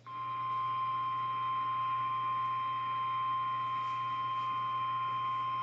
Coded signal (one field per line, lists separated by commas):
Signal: Emergency Alert System (SAME) tones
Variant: 853 and 960 Hz attention tone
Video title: New Acquisitions with New Surprises... | EAS #201-206 (EAS Alerts from 4/22/2023)